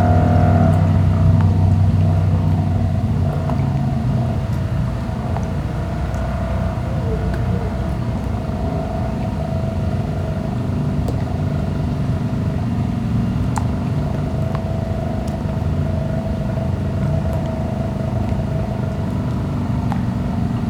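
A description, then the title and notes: Distant heavy machinery rumbles low and steady, with a constant engine drone and a faint hum holding a fixed pitch throughout. The noise eases slightly after the first few seconds, and occasional sharp clicks or knocks break through the background around the middle. Distant Heavy Machinery.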